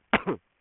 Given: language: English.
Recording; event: throat vibration sensor signal played as sound; cough